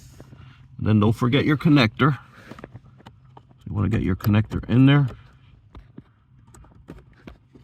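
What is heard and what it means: Someone talks while handling and lining up a plastic wiring harness connector at a Prius blower motor before pushing it home, with soft taps and light plastic ticks between and after the speech. Nothing has seated or clicked yet.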